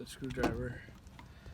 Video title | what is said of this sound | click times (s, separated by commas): Mazda 5: Door Lock Actuator Replacement | You see that? It just pops right into place. | 1.2 s